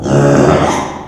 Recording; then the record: squeal of a Yucatan mini pig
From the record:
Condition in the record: after surgery on the right vocal fold (resection and tissue-engineered implant); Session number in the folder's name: 3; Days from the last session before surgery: 33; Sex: male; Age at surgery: 12 weeks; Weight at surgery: 13 kg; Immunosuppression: cyclosporine, prednisolone